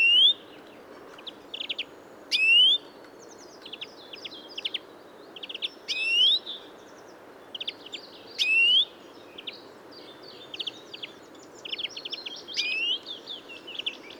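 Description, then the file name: European greenfinch calls: short rising notes a few seconds apart, interspersed with busy high twittering chirps throughout. "Chloris chloris"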